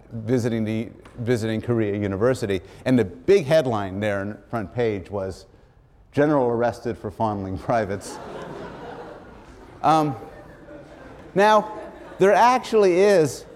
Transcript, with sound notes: visiting the — visiting Korea University and the big headline there on the front page was "General arrested for fondling privates." [laughter] Now, there actually is